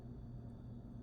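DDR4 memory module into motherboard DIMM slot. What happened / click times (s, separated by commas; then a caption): No seating click yet; the part is handled but not home / none. A second Corsair Vengeance RGB PRO DDR4 memory module from a 32GB kit is handled over its motherboard DIMM slot, heard as a steady low rumble with no sharp transients. Nothing has seated or clicked yet.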